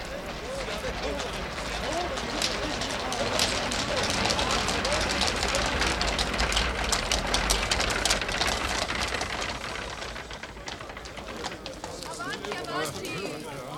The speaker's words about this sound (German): von den in ein gleichmäßiges Geräusch zusammenfließenden Stimmen, Schritten und Begrüßungen.